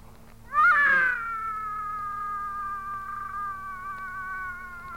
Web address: animali gatti gatti cats